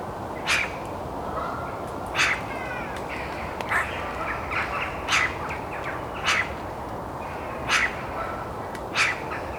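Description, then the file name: Eurasian magpie harsh calls, about seven rough bursts at irregular spacing, with some fainter softer notes in between and background hiss. "Pica pica"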